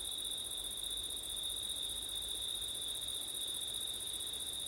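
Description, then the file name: Steady cricket song, a high even trill with a second, higher band above it. Crickets at night in September, with wind; recorded with an ORTF stereo setup. "crickets wind september night ortif"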